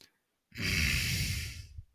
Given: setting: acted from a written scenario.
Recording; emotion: vocal sound without words; anger